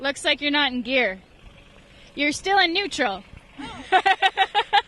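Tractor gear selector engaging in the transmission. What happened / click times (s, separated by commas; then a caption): Gear not yet engaged; no shift click, only talk over engine noise / none. A tractor's gear selector is being handled in the transmission while the tractor is still in neutral, with someone talking over a low vehicle rumble. Near the end comes a series of short regular tones. Nothing has seated or clicked into gear yet.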